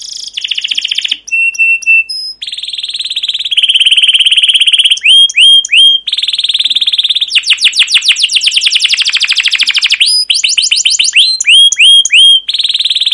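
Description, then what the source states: Canary song of changing sections: steady whistled notes, buzzy rolls and bursts of rapid chirps, one phrase following another. Long continuous rolling 'ngerol' canary song with 'cuit cuit' notes, used as a master and lure recording to prompt other canaries to sing.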